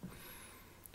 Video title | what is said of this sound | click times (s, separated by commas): How to clean a Tumble Dryer Condenser Unit for Maximum Efficiency | way in then put those clips up so it's locked into place then close the front panel | 0.9 s